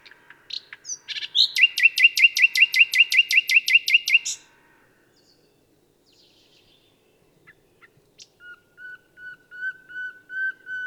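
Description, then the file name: Common nightingale song: a few sharp notes, then a fast run of many loud repeated notes. After a silence, softer repeated whistled notes build up. "Luscinia megarhynchos"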